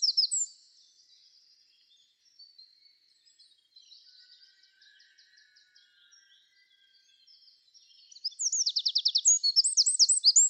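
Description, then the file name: Eurasian wren song: a brief high burst at the start, faint twittering for several seconds, then a loud run of rapid trilled notes near the end. "Troglodytes troglodytes"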